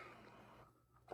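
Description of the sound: Whooshing of a home mechanical ventilator (respirator) in the background, the machine a person with a neuromuscular disease depends on to breathe.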